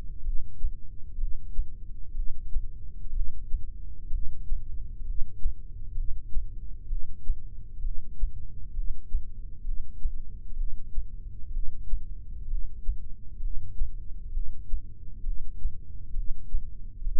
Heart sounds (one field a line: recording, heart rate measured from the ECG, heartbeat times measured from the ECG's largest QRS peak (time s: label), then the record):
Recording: heart sounds by microphone in the left ear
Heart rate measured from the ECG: 64 bpm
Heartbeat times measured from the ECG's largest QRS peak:
0.26 s: heartbeat
1.21 s: heartbeat
2.17 s: heartbeat
3.15 s: heartbeat
4.13 s: heartbeat
5.08 s: heartbeat
5.98 s: heartbeat
6.90 s: heartbeat
7.84 s: heartbeat
8.76 s: heartbeat
9.66 s: heartbeat
10.59 s: heartbeat
11.54 s: heartbeat
12.51 s: heartbeat
13.43 s: heartbeat
14.35 s: heartbeat
15.26 s: heartbeat
16.16 s: heartbeat
17.05 s: heartbeat
From the record:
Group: heart failure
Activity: rest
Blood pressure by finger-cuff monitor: 133/99 mmHg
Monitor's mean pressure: 112 mmHg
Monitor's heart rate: 64 bpm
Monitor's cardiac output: 5.7 L/min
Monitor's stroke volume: 89 mL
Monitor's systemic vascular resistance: 1450 dyn s/cm5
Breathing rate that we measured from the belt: 15 breaths a minute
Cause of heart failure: idiopathic cardiomyopathy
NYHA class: 1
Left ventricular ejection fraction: 50%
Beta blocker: bisoprolol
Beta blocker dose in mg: 5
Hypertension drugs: candesartan, spironolactone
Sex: male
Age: 54 years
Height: 180 cm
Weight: 94.6 kg